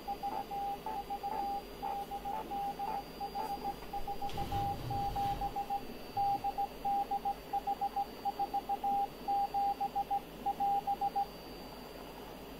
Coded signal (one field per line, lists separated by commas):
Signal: Morse code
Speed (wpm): 16 wpm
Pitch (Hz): 800 Hz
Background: radio noise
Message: VV DDH47 DDH47 <AS>